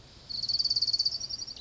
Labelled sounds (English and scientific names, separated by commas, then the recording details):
Orange-crowned Warbler (Leiothlypis celata)
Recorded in Sonoma County, California